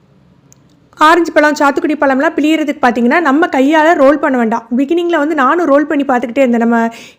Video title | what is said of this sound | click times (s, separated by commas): Food Processor Review in Tamil | just போட்டுட்டு இப்படி role பண்ணாலே லாக் ஆகிடும். | 0.5 s